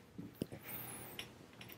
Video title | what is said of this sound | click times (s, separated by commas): Denmark's Post-WW2 SMG: the Hovea m/49 | like that. Locks in place just with tension so you can just pop it open if you need it. | 1.2 s